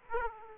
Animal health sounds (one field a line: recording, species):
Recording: mosquito wingbeat signal from an infrared sensor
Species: Aedes aegypti